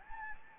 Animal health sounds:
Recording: mosquito wingbeat signal from an infrared sensor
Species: Anopheles gambiae

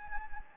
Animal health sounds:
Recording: mosquito wingbeat signal from an infrared sensor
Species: Anopheles gambiae

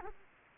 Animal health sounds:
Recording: mosquito wingbeat signal from an infrared sensor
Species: Culex quinquefasciatus

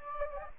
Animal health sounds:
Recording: mosquito wingbeat signal from an infrared sensor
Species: Anopheles gambiae

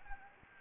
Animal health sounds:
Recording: mosquito wingbeat signal from an infrared sensor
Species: Anopheles gambiae

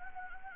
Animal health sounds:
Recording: mosquito wingbeat signal from an infrared sensor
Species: Anopheles gambiae

